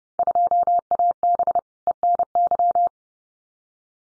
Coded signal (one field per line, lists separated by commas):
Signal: Morse code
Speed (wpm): 30 wpm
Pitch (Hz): 700 Hz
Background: none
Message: 2AB ENY